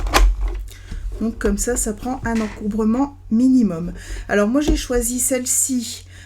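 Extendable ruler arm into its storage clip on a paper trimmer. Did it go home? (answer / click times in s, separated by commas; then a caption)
yes / 0.1 s. The extendable ruler arm of a paper trimmer is folded back under the base and snapped into its plastic storage clip for compact storage, giving a sharp click at 0.1 s. Someone then talks for the rest of the clip. The arm is seated in its clip.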